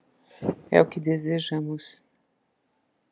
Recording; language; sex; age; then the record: short text; Brazilian Portuguese; female; 60 to 69 years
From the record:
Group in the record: control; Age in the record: 64 years